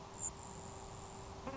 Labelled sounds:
Grasshopper Sparrow (Ammodramus savannarum)
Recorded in Sonoma County, California

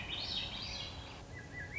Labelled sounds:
Swainson's Thrush (Catharus ustulatus)
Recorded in Sonoma County, California

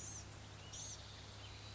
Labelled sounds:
Blue-gray Gnatcatcher (Polioptila caerulea)
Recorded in Sonoma County, California

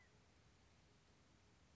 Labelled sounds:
California Quail (Callipepla californica)
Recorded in Sonoma County, California

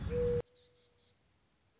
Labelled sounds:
Mourning Dove (Zenaida macroura)
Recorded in Sonoma County, California

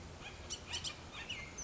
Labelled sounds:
Bullock's Oriole (Icterus bullockii)
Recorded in Sonoma County, California

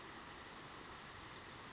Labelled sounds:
California Towhee (Melozone crissalis)
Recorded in Sonoma County, California

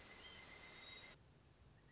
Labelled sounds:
Pileated Woodpecker (Dryocopus pileatus)
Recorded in Sonoma County, California

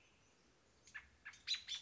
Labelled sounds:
American Robin (Turdus migratorius)
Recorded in Sonoma County, California

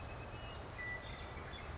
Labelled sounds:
Western Meadowlark (Sturnella neglecta)
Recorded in Sonoma County, California

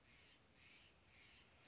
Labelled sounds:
Steller's Jay (Cyanocitta stelleri)
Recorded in Sonoma County, California

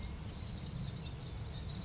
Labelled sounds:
California Towhee (Melozone crissalis)
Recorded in Sonoma County, California

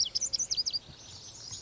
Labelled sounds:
Lazuli Bunting (Passerina amoena)
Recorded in Sonoma County, California

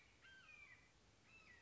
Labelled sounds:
Red-shouldered Hawk (Buteo lineatus)
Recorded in Sonoma County, California

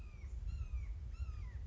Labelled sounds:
Red-shouldered Hawk (Buteo lineatus)
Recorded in Sonoma County, California

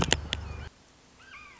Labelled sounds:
Red-shouldered Hawk (Buteo lineatus)
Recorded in Sonoma County, California

